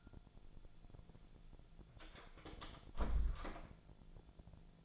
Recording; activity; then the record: daily activity, microphone in the room; close door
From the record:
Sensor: 5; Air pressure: 1000.6 hPa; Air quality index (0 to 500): 155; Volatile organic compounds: 2 ppm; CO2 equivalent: 1196 ppm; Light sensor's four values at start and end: 48/112/47/50 and 48/113/47/50